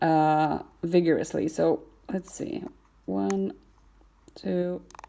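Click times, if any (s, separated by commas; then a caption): none. A microSD card is handled at the spring-loaded card slot of a Chortau BT13 dash camera, where earlier tries have bounced back out. Someone talks throughout, with a few faint ticks near the end, but nothing has seated or clicked yet.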